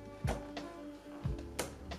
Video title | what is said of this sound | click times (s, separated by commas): JE MONTE MON NOUVEAU PC GAMER A 1500€, INCROYABLE | et dès que ça a fait clic c'est rentré c'est juste ça | 1.6 s